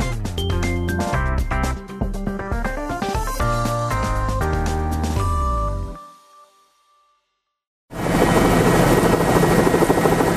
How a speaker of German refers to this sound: Von der Ölplattform Terra Nova Field rund 350 Kilometer vor der Küste Neufundlands kehrt ein Hubschrauber zurück nach St. John's, der Hauptstadt der kanadischen Küstenprovinz.